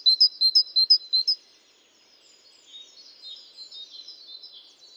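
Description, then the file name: Great tit calling with a quick run of bright, high chirps for over a second, followed by softer, scattered high twittering notes. "Parus major"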